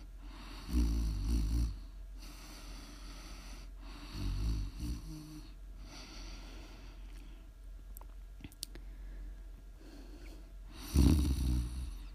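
An adult woman snoring in her sleep: low, rumbling, fluttering snores that come a few seconds apart at uneven intervals, with quiet breathing between them.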